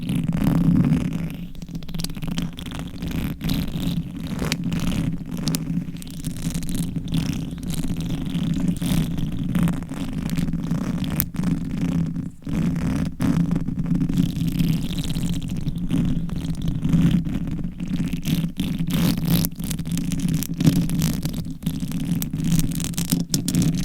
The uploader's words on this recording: ASMR Reverse Mic Scratching - Brain Scratching for 100% SLEEP - No Talking with Long Nails.